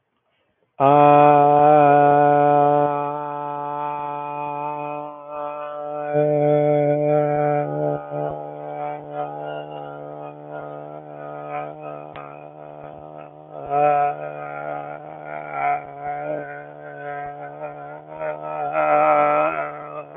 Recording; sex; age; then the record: vowel held as long as possible; male; 20 to 29 years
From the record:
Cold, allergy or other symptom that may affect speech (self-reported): no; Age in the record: 23 years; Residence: South Carolina, United States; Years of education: 16